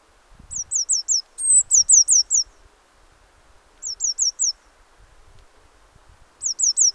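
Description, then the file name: Eurasian blue tit calling: clusters of high, quick, falling notes, a long thin whistle opening one cluster, repeated with short pauses; faint low knocks in the background. "Cyanistes caeruleus"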